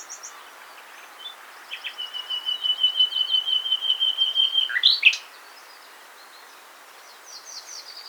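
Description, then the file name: Common nightingale song: a steady run of rapid repeated notes swelling in volume for three seconds, ending in a sharp flourish, then faint high notes. "Luscinia megarhynchos"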